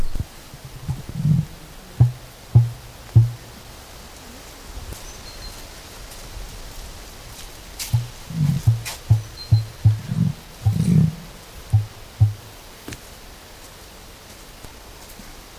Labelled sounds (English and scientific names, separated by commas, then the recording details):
Emu (Dromaius novaehollandiae)
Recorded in captivity
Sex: pair
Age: adult
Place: Zoo Eberswalde, Brandenburg, DE
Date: 2000-09-06 16:40
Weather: heiter, 16 - 17°C
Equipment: Nagra SN, Kopie Uher 4000 Report Monitor
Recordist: Tembrock, Günter
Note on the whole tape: Paar: Weibchen "Knurren"; Männchen "Trommellaute" (Entfernung 1 - 2 m). Sehr gute Aufnahmequalität